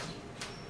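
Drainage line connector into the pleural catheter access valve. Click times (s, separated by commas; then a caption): 0.4 s. During an in-service demonstration, the cleaned access end of a PleurX pleural catheter is pushed into a plastic drainage line connector. Over a low, steady background, a small, sharp, bright click sounds at 0.4 s as the connector clicks in and seats in the catheter access valve.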